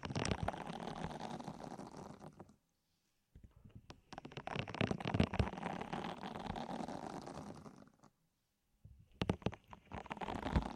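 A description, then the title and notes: Dense rubbing and squishing, with a deep muffled rumble under crackly, scratchy friction. The massage comes in three long strokes, roughly 0–2.5, 3.5–8 and 9–11 seconds, separated by sudden complete silence. ASMR Sleep With Deep Ear Massage (No Talking).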